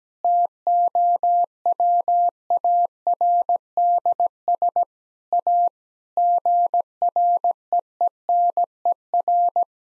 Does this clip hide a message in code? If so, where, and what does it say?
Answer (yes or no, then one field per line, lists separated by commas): yes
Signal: Morse code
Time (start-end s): 0.2-9.6 s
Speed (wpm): 17 wpm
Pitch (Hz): 700 Hz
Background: none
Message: TOWARDS A GREENER